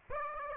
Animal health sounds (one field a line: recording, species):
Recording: mosquito wingbeat signal from an infrared sensor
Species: Aedes aegypti